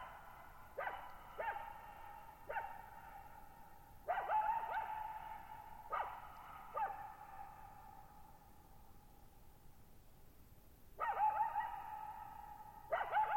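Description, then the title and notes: Coyote giving several short bursts of barks and wavering yips, each leaving a long ringing tail, over a quiet background. Lone coyote at night, July 14, 2019, Thirtymile Meadows, Okanogan National Forest, Okanogan High Country, 6400 ft; dry high plateau, bowl-shaped meadow, boggy ground burbling, very quiet, highly reverberant. "Lone Coyote at Thirtymile Meadows. I spent the night of July 14, 2019, camped near Thirtymile Meadows in the Okanogan National Forest at 6400 ft (1950 m)"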